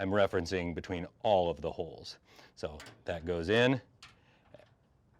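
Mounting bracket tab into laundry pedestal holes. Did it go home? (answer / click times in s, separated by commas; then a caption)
yes / 4.0 s. Someone talks while the downward-pointing back tab of a mounting bracket is fitted into the middle set of holes on an Electrolux front load laundry pedestal for the dryer. A short, sharp metallic knock at 4.0 s is followed by a fainter tap, as the tab locks into place and seats correctly.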